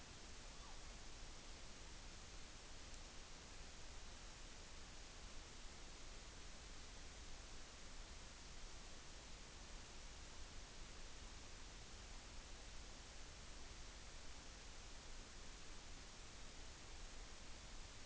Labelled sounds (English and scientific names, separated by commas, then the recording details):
Morepork (Ninox novaeseelandiae) weow call
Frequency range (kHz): Morepork (Ninox novaeseelandiae) 0.6-1.4 kHz
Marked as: faintness 5/5
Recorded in New Zealand on 14 June 2013
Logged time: 02:27
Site Ponui